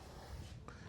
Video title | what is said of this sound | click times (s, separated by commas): 2020 F150 Oil Change Service | Hear that pop? | 0.7 s